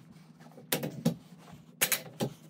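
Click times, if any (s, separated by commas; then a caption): none. A nylon mattress strap's plastic buckle is handled while being fastened around bed frame rails, with short bursts of handling noise near 0.7, 1.1, 1.8 and 2.2 seconds over a low steady hum. The buckle has not snapped shut yet; nothing has seated.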